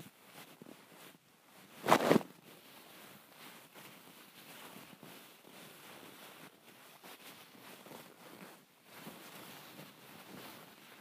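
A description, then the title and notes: Tissue paper is crumpled in a steady run of soft, dense crackling rustles. A louder, sharper burst of crinkling stands out near the two-second mark, and brief pauses break the handling around the ninth second before the quiet crackle resumes. ASMR Tissue Crumpling.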